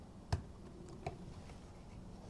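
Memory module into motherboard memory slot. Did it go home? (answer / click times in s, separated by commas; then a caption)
no / none. A memory module is handled and pressed toward the motherboard memory slot of a small PC during a teardown, with a few brief handling ticks over a low steady background, the sharpest near 0.3 s and another near 1.1 s. Nothing has seated or clicked yet; the module is not yet home in the slot.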